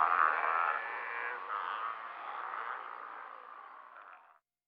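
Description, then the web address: Steller sea lion giving a long, raspy roar that fades away to silence at the end. Western North America. "Dan Gibson Wildlife Identification By Sound, Western North America. Steller's Sea Lion"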